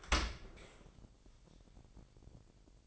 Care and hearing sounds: daily activity, microphone in the room; open dishwasher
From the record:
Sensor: 5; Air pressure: 1000.5 hPa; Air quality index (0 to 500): 248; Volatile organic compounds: 35 ppm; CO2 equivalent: 3052 ppm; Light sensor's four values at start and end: 31/70/28/26 and 31/71/28/27

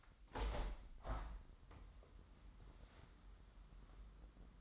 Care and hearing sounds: daily activity, microphone in the room; open window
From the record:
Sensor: 3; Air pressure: 998.5 hPa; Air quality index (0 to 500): 140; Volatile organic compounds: 4 ppm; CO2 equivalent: 1683 ppm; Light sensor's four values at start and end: 8/20/8/9 and 9/21/8/9

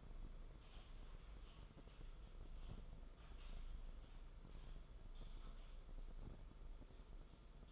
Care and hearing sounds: daily activity, microphone in the room; typing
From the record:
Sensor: 5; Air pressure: 994.5 hPa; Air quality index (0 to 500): 171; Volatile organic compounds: 622 ppm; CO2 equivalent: 4963 ppm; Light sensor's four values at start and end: 9/22/9/10 and 9/22/9/10

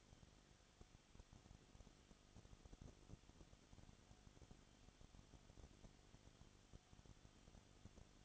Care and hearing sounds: daily activity, microphone in the room; no activity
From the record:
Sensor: 4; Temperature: 22.7 degrees Celsius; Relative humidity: 31.7%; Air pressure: 995.4 hPa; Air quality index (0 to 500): 158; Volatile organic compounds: 2 ppm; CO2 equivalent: 1252 ppm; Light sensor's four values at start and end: 2/3/1/1 and 2/3/1/1

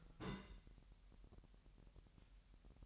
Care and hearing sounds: daily activity, microphone in the room; place on stove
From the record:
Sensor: 3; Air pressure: 1001.9 hPa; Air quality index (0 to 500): 243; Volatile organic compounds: 46 ppm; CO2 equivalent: 3235 ppm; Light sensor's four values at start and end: 6/15/6/6 and 6/15/6/6

